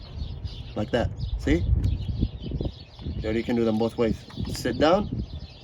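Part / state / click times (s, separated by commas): LED bulb socket into reverse light housing / not seated / none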